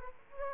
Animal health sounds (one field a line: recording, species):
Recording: mosquito wingbeat signal from an infrared sensor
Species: Aedes aegypti